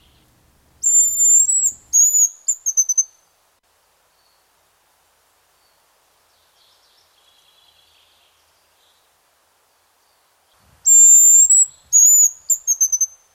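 A hazel grouse gives two thin, very high whistled songs, one near the start and one near the end. Each opens with a long drawn whistle, followed by a quick run of shorter, slightly falling notes. Between them is near silence, with only a faint soft sound midway.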